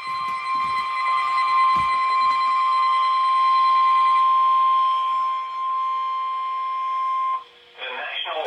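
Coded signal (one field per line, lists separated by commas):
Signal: Emergency Alert System (SAME) tones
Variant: 1050 Hz attention tone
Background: speech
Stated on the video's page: Special Marine Warning relayed only on weather radio station WXM80 while WXJ42 was off the air.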